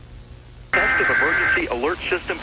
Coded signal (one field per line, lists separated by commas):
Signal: Emergency Alert System (SAME) tones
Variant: header bursts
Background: speech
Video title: 2011 National EAS Hijack - A Short EAS Scenario